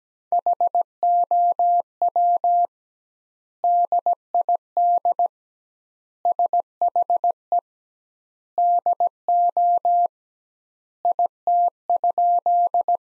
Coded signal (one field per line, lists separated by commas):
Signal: Morse code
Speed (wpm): 17 wpm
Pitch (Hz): 700 Hz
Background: none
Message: HOW DID SHE DO IT?